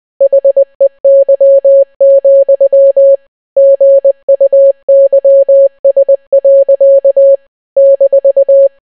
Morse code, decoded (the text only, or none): HEY, GUYS. -